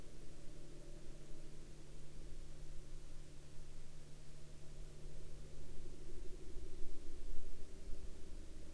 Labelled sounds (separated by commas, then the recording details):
man-made sound
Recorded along the Dempster Highway, Canada, on 29 September 2020 at 04:01
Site 14